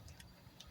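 A wiring plug is pushed onto the alternator of a 2007 Honda Accord with a 3.0, 3.2 or 3.5 liter engine and twisted until it clips into place. A few small ticks come at 0.1 and 0.2 seconds, then a sharper click at 0.6 seconds as the plug seats. No one talks during the clip.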